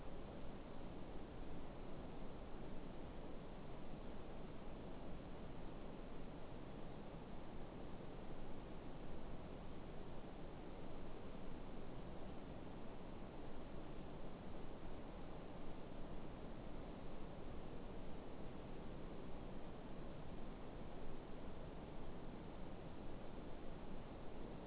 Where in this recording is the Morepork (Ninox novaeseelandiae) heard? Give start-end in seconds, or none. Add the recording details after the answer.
none. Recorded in New Zealand. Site Eglinton